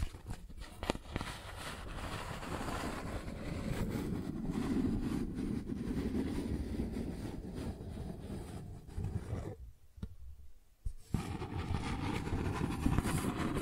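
Cardboard being scratched and rubbed, a dense, gritty scraping that runs steadily with a low, rumbling body and frequent small clicks and snaps. Around the tenth second the sound nearly drops out for about a second, then the rough scratching resumes.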